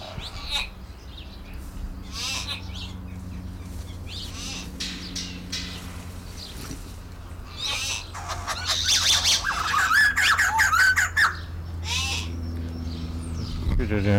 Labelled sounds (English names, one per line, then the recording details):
Common Hill Myna
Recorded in captivity
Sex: diverse
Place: Zoo Halle, Sachsen-Anhalt, DE
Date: 1996-03-08 16:30
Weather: sonnig, 3°C
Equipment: Sony WM-D6C, Sennheiser ME 80, Kopie Uher 4000 Report Monitor
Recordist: Tembrock, Günter